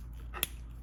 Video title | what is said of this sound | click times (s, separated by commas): DRZ400SM TST Industries Fender Eliminator Kit Install | make sure you get a nice click there make sure that's in good | 0.4 s